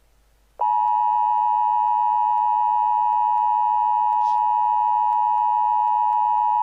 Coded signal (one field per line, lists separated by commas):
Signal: Emergency Alert System (SAME) tones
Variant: 853 and 960 Hz attention tone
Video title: EF5 (EAS Scenario)